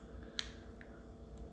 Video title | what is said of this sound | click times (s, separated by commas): Daiwa Sealine Slosh X40 Reel Service | do the same again make sure it clicks tight back in there otherwise it won't fit there | 0.4 s